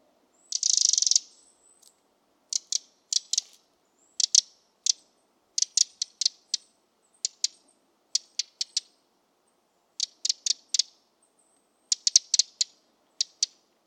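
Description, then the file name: Eurasian wren giving a short harsh burst first, then clusters of sharp, high ticks in groups of two to four at uneven intervals. "Troglodytes troglodytes"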